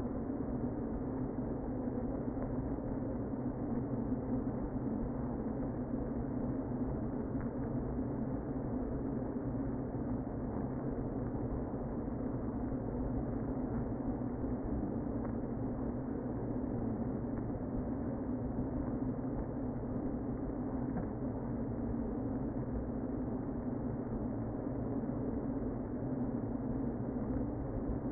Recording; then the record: honeybee colony, microphone inside the hive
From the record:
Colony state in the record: queen present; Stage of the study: before two queens were removed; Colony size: about 60,000 bees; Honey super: yes